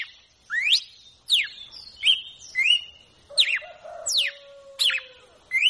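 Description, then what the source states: Red-cowled cardinal song: a series of clear whistled notes, some sweeping up and others sliding sharply down, several in under six seconds. Female song, used to warm up and stimulate a male to sing.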